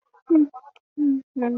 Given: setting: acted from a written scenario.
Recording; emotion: vocal sound without words; neutral